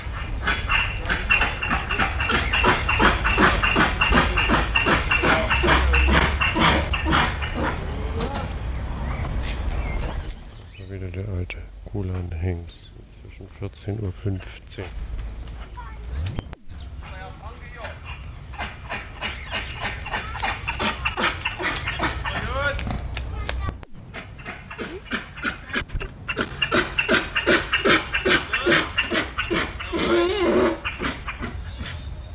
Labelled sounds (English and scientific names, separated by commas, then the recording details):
Onager (Equus hemionus)
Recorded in captivity
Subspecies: kulan
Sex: diverse
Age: adult
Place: Zoo Halle, Sachsen-Anhalt, DE
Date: 1978-07-12 13:45
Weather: sunny, 26°C
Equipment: Uher CR 210, Sennheiser MD 421, Kopie Uher 4200
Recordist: Tembrock, Günter